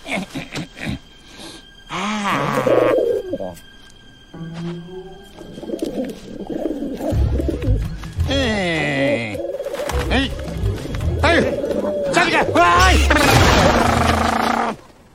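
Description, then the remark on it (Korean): Pigeons coo in soft, throaty bursts amid a busy, fairly loud mix of warbling calls and sweeping vocal sounds, with voices running through much of it, in the Korean-dubbed film Teenage Mutant Ninja Turtles: Mutant Mayhem. “비둘기 녀석.”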